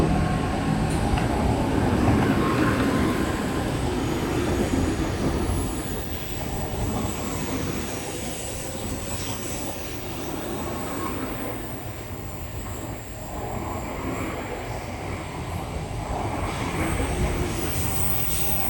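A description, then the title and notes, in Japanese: A Shinkansen pulls away from the platform at Okayama Station, its deep rumble loudest in the first few seconds and then easing to a steadier, slightly quieter roar. Faint high whines and brief clicks sit above the dense low rumble throughout. 岡山駅 新幹線のぞみ 82号 お見送り動画。乗る前にホームにいた新幹線をお見送りしました。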